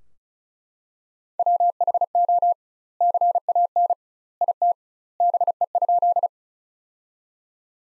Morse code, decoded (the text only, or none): WHO CAN IT BE?